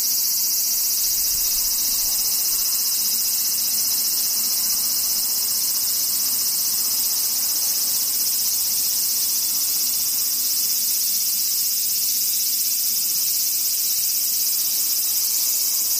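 Cicadas shrill in a steady, dense, high-pitched drone that never lets up for the whole stretch, with only a faint low rumble beneath.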